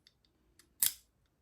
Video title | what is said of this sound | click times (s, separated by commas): Unboxing the most innovative knife of 2025!! | Clicks right in. | 0.8 s